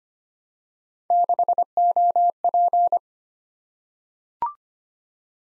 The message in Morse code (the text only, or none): 6OP